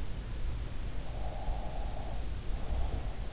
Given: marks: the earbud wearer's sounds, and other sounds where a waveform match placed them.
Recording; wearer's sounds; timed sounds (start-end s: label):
sounds in sleep by an in-ear microphone; breath
0.92-3.21 s: breath